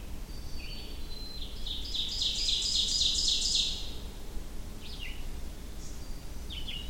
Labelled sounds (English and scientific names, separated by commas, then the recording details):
Ovenbird (Seiurus aurocapilla) song
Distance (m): 25 m
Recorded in boreal forest in Alberta, Canada, on 23 June 2016 at 06:54
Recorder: SongMeter 3, array SBT-6-76
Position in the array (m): 22 m, 86 m
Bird 2